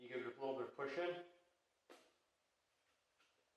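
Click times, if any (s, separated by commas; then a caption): 1.9 s. Someone talks while a chrome trim ring, lined up on its two notches, is pushed onto the bucket of an Ignite headlight. A single soft knock at 1.9 s marks the ring locking into place, and it is seated.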